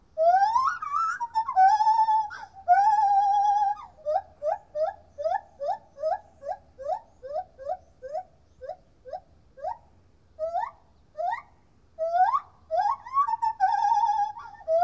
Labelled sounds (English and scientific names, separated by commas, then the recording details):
Lar Gibbon (Hylobates lar)
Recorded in captivity
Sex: male
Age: adult
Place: Tierpark Berlin, Berlin, DE
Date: 1969-08-26
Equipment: Uher 4200 Report Stereo, Transistorverstärker II, Sennheiser MD 421, Doppelspuraufnahme
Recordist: Tembrock, Günter